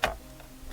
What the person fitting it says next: there we go you stand it up you hear a click